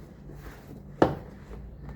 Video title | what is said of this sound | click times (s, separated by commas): How to replace front door speaker in Kia Sportage | is fully seated, align the retaining clips with their mounting holes and press firmly around the door panel until all of the clips snap into place. | 1.0 s